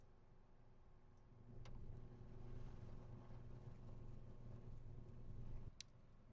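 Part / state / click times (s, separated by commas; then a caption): 12V GPU power cable connector into inline power adapter on graphics card / seated / 5.8 s. A 12V GPU power cable connector is pushed into the inline power monitoring adapter on a graphics card over a steady low rumble. A sharp click at 5.8 s marks the connector seating, and the rumble drops right after. No one talks during the clip.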